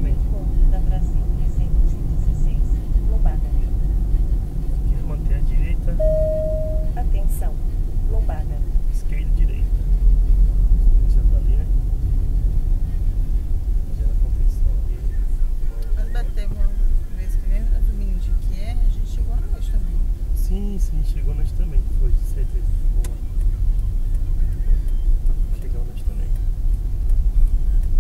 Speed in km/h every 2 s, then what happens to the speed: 51, 50, 49, 46, 43, 42, 40, 39, 36, 35, 34, 35, 36, 36.
0-16 slows to 36. 16-28 steady at about 35.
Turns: none.